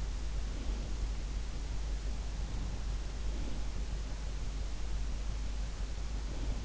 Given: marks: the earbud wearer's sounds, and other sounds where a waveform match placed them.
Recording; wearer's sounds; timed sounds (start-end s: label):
sounds in sleep by an in-ear microphone; breath
0.22-1.12 s: breath
6.23-6.65 s: breath